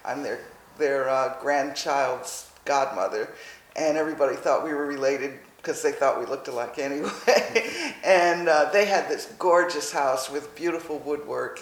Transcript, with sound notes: I’m their grandchild’s godmother and everybody thought we were related, because they thought we looked alike anyway. [laughs] They had this gorgeous house with beautiful woodwork.